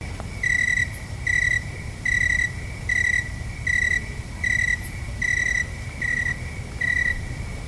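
Garden cricket chirping in short, pure-toned pulses repeated steadily about every three-quarters of a second, with a constant low rumble underneath.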